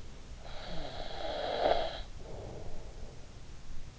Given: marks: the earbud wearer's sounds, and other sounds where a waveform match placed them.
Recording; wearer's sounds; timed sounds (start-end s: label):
sounds in sleep by an in-ear microphone; snoring breath
0.25-3.57 s: snoring breath